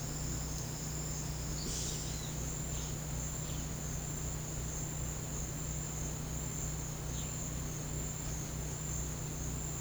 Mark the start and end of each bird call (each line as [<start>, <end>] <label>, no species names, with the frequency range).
[1.46, 2.36] bird call (2.5-5.8 kHz)